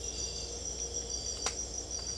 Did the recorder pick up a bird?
no